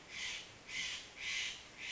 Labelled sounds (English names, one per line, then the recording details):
Steller's Jay
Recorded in Sonoma County, California